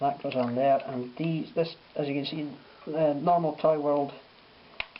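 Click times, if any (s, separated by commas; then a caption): 4.8 s, 5.0 s. A plastic transformation part of a Toyworld TW-01 Hegemon robot toy is slid further along and snapped into its pegs on the body. Someone talks through most of the clip, and then two short, sharp clicks at 4.8 s and 5.0 s mark the panel popping into place, seated and firmly held.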